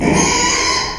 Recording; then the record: squeal of a Yucatan mini pig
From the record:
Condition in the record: after surgery on the right vocal fold (resection and tissue-engineered implant); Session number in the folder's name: 2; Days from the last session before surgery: 13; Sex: male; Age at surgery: 12 weeks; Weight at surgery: 13 kg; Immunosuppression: cyclosporine, prednisolone